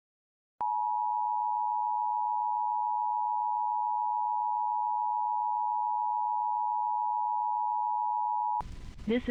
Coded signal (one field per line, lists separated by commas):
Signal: Emergency Alert System (SAME) tones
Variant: 853 and 960 Hz attention tone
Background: speech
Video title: IP - Required WEEKLY Test - NO EAS